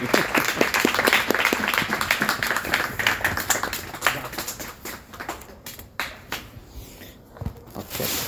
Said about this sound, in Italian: Non ho altro da dire se non applaudire. Scusate.